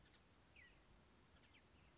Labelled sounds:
Acorn Woodpecker
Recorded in Sonoma County, California

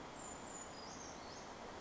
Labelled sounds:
Brown Creeper
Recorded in Sonoma County, California

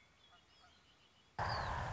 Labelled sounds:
Red-winged Blackbird
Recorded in Sonoma County, California

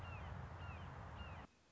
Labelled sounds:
Red-shouldered Hawk
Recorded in Sonoma County, California

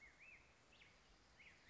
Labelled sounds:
Black-headed Grosbeak
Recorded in Sonoma County, California

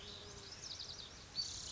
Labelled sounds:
Pacific Wren
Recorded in Sonoma County, California

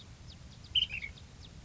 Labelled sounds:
Ash-throated Flycatcher
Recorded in Sonoma County, California

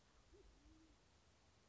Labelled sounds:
Band-tailed Pigeon
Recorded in Sonoma County, California

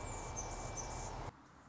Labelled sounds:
Anna's Hummingbird
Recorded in Sonoma County, California

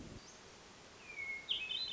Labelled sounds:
Hermit Thrush
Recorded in Sonoma County, California

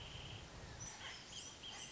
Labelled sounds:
Wrentit
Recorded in Sonoma County, California

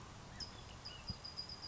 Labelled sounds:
California Towhee
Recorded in Sonoma County, California

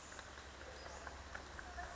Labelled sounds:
Western Flycatcher
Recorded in Sonoma County, California

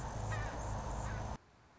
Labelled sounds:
Anna's Hummingbird
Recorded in Sonoma County, California

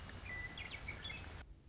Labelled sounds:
Western Meadowlark
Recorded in Sonoma County, California

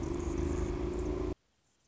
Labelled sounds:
Anna's Hummingbird
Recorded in Sonoma County, California

